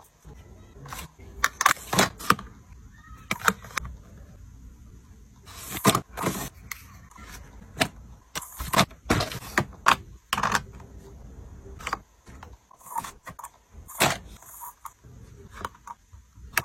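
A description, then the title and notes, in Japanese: Household sounds of cosmetics being put away: a steady run of sharp clicks, taps and light rattles as small containers and lids are handled and set down, several per second in bursts. A quiet room tone and faint low rumble sit underneath. コスメ収納_生活音。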